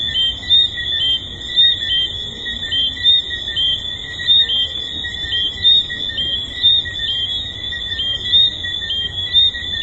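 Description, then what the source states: Tree frogs in a dense high chorus, with whistled chirps repeating at an uneven pace. Several tree frogs recorded at the Hedonism II resort.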